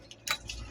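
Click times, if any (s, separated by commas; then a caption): 0.3 s. A fan motor wire connector is plugged back into its socket on the control board of an LG 2.5hp aircon during a repair for a CH05 error. A faint tick near 0.1 s comes before the loud, sharp click at 0.3 s, and a softer tick follows near 0.5 s. The connector clicks in and is seated.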